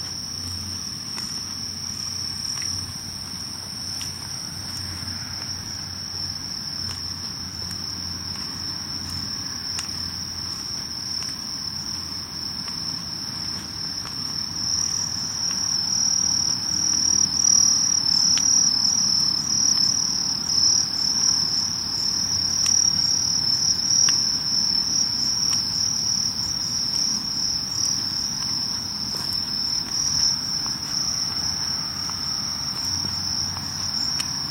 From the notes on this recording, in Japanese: 色んな虫の声や人の暮らしや、やっぱり蝉の声が時々しました